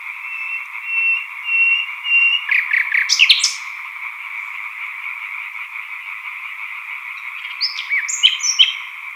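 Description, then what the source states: European tree frog chorus as a constant rough hum, broken by a nightingale's short whistled notes and a brief crackling flourish early on, then scattered chirps. Chorus of European tree frogs at Sattenay; dated 140418.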